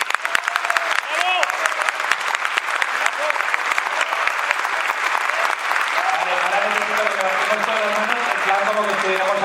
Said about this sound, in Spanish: Así que, por favor, todos un aplauso.